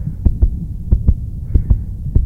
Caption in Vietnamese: Âm thanh của nhịp tim từ một người tài xế xe bus. Sau khi họ bị mắng chửi. Bị xúc phạm và bị hăm dọa.